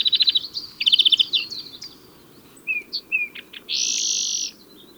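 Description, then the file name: European greenfinch song: quick trills and twitters, scattered chirps, then a long wheezy nasal buzz. "Chloris chloris"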